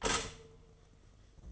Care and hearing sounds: daily activity, microphone in the room; stop toaster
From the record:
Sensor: 4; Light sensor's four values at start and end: 4/8/3/2 and 4/8/3/3

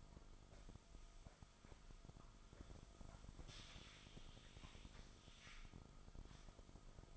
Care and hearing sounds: daily activity, microphone in the room; sweep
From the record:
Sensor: 5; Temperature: 24.0 degrees Celsius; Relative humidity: 36.6%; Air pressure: 1004.8 hPa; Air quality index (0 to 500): 95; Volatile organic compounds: 2 ppm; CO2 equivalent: 1146 ppm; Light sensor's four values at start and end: 34/80/32/31 and 34/80/32/31

